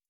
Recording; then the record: hydrophone in a shrimp aquaculture tank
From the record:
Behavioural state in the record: starved